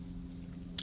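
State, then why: Seated. A plastic torsion bar swing arm is pushed into the lower hull of a Takom 1/35 Tiger 1 Mid Production scale model tank kit as a friction fit. After a low, steady background hum, a single sharp, bright click sounds at 0.8 s, and the arm clips into place.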